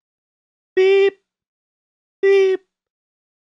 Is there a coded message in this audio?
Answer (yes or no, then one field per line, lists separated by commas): no